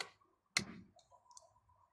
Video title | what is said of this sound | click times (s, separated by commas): Cruise Control Switch Upgrade - VW Golf/Jetta Mk5 | You hear the click? | 0.6 s